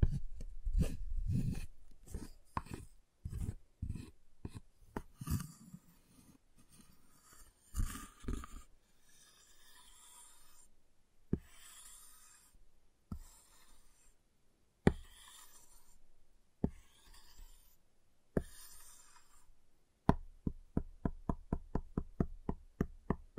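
Tapping on a giant chocolate bar opens with dull, thumping knocks about twice a second. A scraping, rasping cut follows, broken by sharp snaps every second or two. The clip closes with a quick, steady run of crisp taps.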